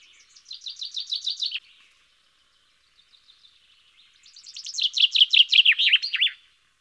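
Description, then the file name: Common chaffinch song: a short series of descending notes, a pause, then a longer, louder run of falling notes ending in a flourish. "Fringilla coelebs"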